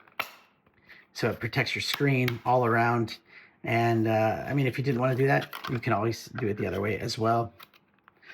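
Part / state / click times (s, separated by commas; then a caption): phone in protective case going into belt-clip holster / not seated / none. A Galaxy S25 Plus in its plastic rugged case with stand and built-in screen protector is handled beside a rotating belt-clip holster lined with felt, meant to go in screen first so the screen is protected all around. Someone talks throughout, with a sharp tap at 0.2 s and light handling clicks around 7.9 to 8.2 s. The phone has not yet popped into the holster, and nothing has seated or clicked yet.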